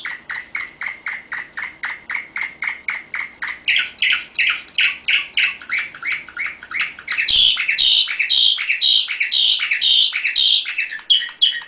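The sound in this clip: Canary song: a long steady series of repeated chirps that shifts into faster, louder trilled phrases, with a brief knock near the middle.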